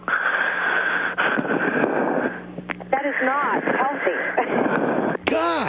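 Harsh, raspy breathing from an adult man comes through a narrow telephone line, followed by breaths carrying whistling, wavering wheezy tones. This is labored noisy breathing, sounding like phlegm jammed in the throat, in a smoker who has had a heart attack; the kind heard with secretions and narrowed airways in serious lung disease such as suspected emphysema.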